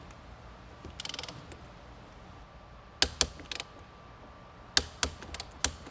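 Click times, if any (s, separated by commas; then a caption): 3.0 s, 4.8 s, 5.6 s. A click-type torque wrench set to about 29 lb-ft tightens the steering wheel hub bolts on an S2000 during a MOMO Mod 78 wheel and Works Bell quick release hub install. A short burst of ratcheting is followed by sharp metallic ticks. The wrench clicks at its setting at 3.0 s, 4.8 s and 5.7 s, confirming the bolts are torqued.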